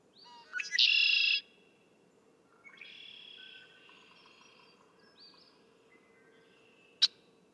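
Red-winged blackbird song: brief introductory chips, then a loud buzzy trill. Softer buzzy phrases follow and a sharp click near the end, with a faint hum.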